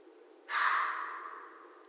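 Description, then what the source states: Red fox giving a single raspy bark that decays slowly over faint background hiss. Recorded 13 January 2012.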